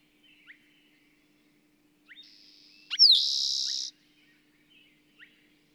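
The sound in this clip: Bird song: scattered short chirps, a thin buzzy note, then a sharp slur into a loud, shimmering buzzy trill lasting about a second.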